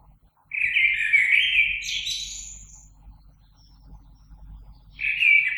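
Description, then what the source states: Common blackbird song: a loud mellow phrase that rises into a squeaky high twitter, a pause, then the next phrase begins. Recorded 3 March 2020.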